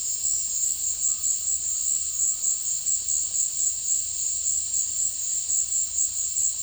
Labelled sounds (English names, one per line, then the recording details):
none
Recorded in dense forest near Puerto Asís, Putumayo, Colombia, on 19 February 2024 at 16:30
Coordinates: 0.496, -76.326
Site G6383